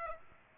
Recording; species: mosquito wingbeat signal from an infrared sensor; Aedes aegypti